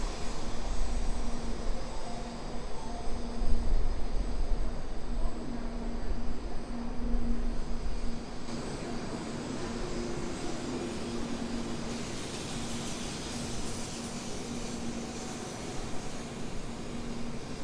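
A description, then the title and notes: A train station in Osaka, filled with a steady low rumble of machinery and a constant mid-pitched hum. The first eight seconds are louder and heavier; after that the rumble settles into a quieter, even drone, with a faint hiss rising briefly around twelve to fifteen seconds. Train Station Osaka.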